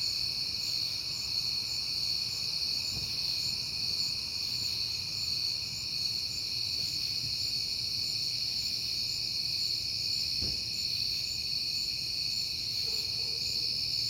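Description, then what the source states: Crickets trill continuously at several high pitches; a soft click and a faint brief tone break in near the end, over a low hum. Recorded on a peaceful night in September.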